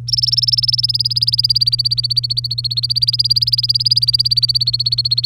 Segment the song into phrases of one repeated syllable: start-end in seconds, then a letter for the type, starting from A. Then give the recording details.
0.07-5.26 A. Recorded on 3 May 2018 at 10:24. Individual llb3